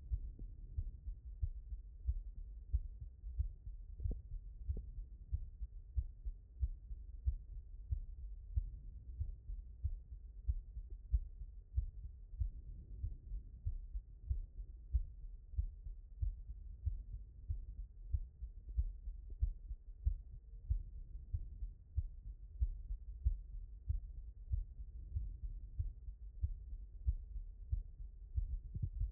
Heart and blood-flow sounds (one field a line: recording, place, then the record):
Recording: heart sounds by stethoscope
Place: aortic valve (AV)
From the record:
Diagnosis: non-HFrEF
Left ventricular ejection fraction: 73%